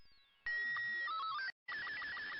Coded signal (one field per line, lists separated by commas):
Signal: SSTV (slow-scan television)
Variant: Robot 36